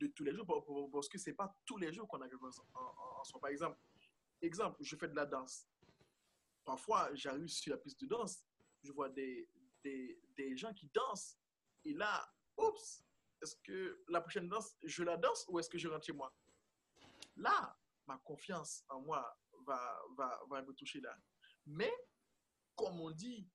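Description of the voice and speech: French-speaking adult man, a stutterer, speaking in an interview with repeated whole words ("des, des, des", "va, va, va"), part-word repetitions, a stretched sound and broken pauses, typical of stuttering.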